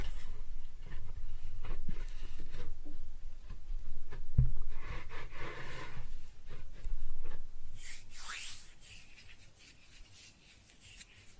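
Kinetic sand being cut and scooped, with soft, uneven scraping and rubbing strokes through the first half. A sharp tap lands around four seconds, a bright hissing swish follows near eight seconds, and the sounds thin out to quiet crumbling toward the end.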